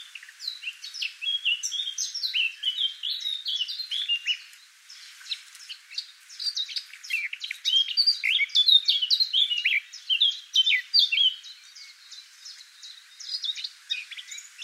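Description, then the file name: Eurasian blackcap song: a long, busy stream of twittering and whistled notes, briefly dropping to quieter chatter around five seconds before rising again. "Sylvia atricapilla"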